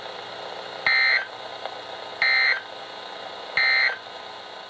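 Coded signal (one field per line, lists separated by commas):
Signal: Emergency Alert System (SAME) tones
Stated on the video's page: Flood, flash flood and special marine warnings received from NOAA Weather Radio stations.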